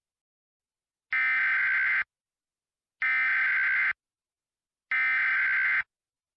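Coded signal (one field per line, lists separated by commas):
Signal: Emergency Alert System (SAME) tones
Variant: header bursts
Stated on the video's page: Fictional severe weather scenario based on prior Christmas severe weather events.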